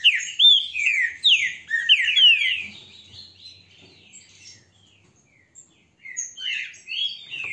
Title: Canto De Trinca Ferro. ESSE CANTA FORTE, Trinca ferro